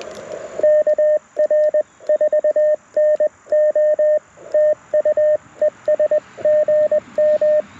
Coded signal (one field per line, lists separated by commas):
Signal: Morse code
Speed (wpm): 20 wpm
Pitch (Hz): 610 Hz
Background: radio noise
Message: KR4NO TUESGM